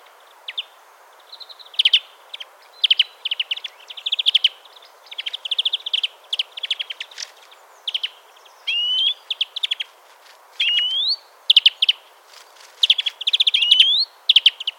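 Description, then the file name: European greenfinch calling with many short twittering bursts of sharp chips, then several upward-sweeping wheezy notes in the second half. "Chloris chloris"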